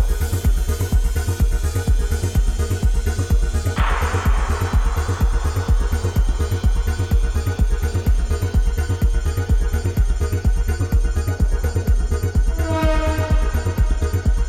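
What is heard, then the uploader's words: Day of the Dead in Tucson: a fast, regular drumbeat pounds low and dense from start to finish at an even level. Around four seconds a bright crash rings out and fades, and near the end a short, high held note rises above the drums. Day of the Dead, Tucson Arizona.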